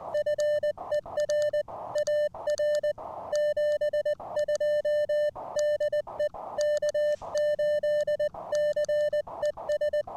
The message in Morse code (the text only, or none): FER AR 72 DE K8CES